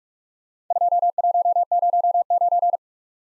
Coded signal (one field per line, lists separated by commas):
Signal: Morse code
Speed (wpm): 44 wpm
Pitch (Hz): 700 Hz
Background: none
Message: 2109